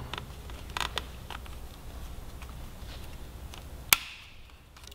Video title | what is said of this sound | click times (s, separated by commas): Motion Pro Yamaha R3 REV2 Throttle Kit Install - Sportbike Track Gear | snapped in place alright | 3.9 s